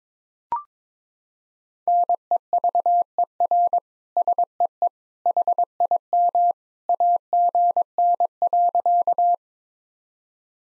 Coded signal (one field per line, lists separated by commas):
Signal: Morse code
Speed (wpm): 23 wpm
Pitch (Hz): 700 Hz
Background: none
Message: NEVER SEE HIM AGN.